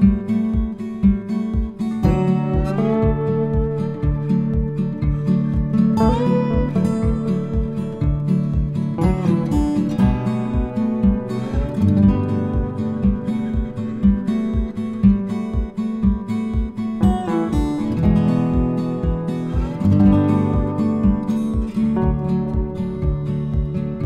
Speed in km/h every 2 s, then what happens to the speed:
93, 93, 94, 95, 95, 95, 96, 96, 96, 97, 97, 98.
0-24 steady at about 95.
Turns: none.